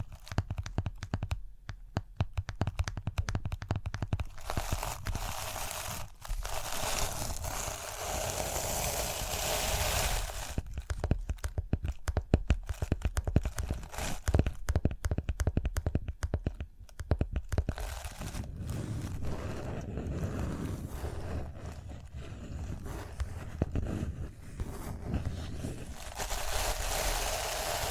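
Rhinestone tapping, scratching and brushing with a busy, crinkly texture. Rapid sharp taps cluster in bursts around 2–3 seconds and 10–18 seconds, while softer continuous brushing and scratching fills the stretches between, with a low steady rumble underneath throughout.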